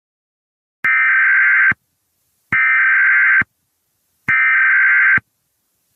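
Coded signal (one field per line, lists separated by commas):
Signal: Emergency Alert System (SAME) tones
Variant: header bursts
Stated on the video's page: Fictional EAS scenario.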